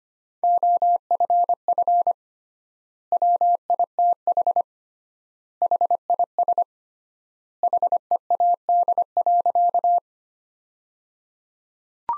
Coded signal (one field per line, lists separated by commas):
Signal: Morse code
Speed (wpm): 25 wpm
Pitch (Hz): 700 Hz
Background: none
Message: OFF WITH HIS HEAD.